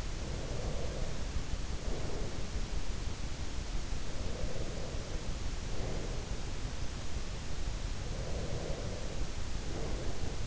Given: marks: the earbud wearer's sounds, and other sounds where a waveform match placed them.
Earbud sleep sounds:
sounds in sleep by an in-ear microphone; breath
0.00-2.97 s: breath
4.20-6.63 s: breath
8.05-10.47 s: breath

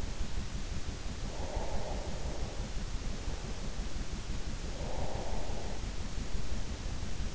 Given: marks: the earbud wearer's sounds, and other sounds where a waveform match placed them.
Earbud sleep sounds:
sounds in sleep by an in-ear microphone; breath
0.78-2.62 s: breath
4.50-5.98 s: breath

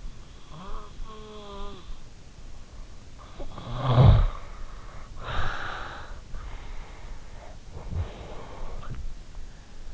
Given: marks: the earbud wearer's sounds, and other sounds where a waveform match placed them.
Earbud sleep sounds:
sounds in sleep by an in-ear microphone; snoring breath, breath
0.00-2.56 s: snoring breath
3.08-4.74 s: snoring breath
4.74-9.25 s: breath

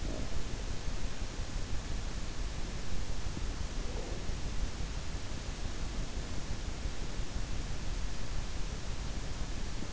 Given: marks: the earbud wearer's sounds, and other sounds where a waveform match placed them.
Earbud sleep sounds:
sounds in sleep by an in-ear microphone; breath
0.00-0.35 s: breath
3.85-4.21 s: breath

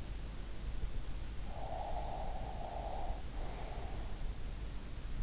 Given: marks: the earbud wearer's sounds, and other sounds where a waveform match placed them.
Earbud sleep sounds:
sounds in sleep by an in-ear microphone; breath
1.05-4.25 s: breath

